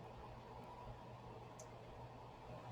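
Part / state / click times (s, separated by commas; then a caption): metal earring wire onto a dangle bead earring component / not seated / none. A small metal earring wire is lined up and handled against a dangle bead earring component before it is twisted on. Only a steady low hum and faint handling are heard, with one brief high tick at 1.6 s. Nothing has snapped on or clicked yet.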